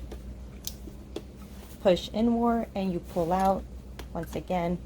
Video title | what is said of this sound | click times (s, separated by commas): cDNA synthesis Tutorial | going to use this one right here so really easy just goes on there and you'll hear it click | 0.7 s